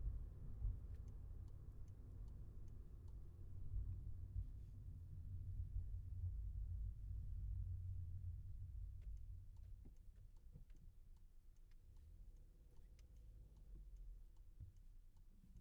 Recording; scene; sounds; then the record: everyday scene through a hearing-aid microphone; in a vehicle; engine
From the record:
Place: Skoda Fabia, gasoline engine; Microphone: behind the ear, left, front